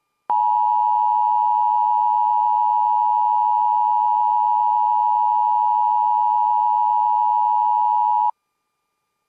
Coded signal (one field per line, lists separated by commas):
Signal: Emergency Alert System (SAME) tones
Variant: 853 and 960 Hz attention tone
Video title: EAS 911 Telephone Outage Emergency #1 On WJON 10/12/20